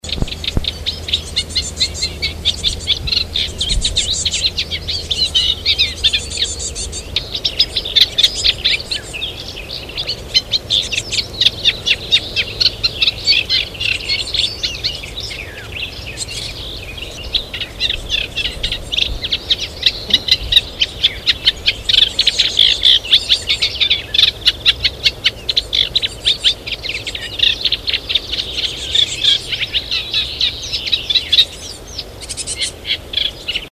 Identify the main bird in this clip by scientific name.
Acrocephalus scirpaceus